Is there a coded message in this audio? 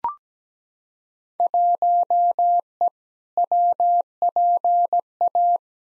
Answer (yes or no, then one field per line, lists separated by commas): yes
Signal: Morse code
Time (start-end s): 1.4-5.6 s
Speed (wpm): 17 wpm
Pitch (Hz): 700 Hz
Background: none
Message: 1E WPA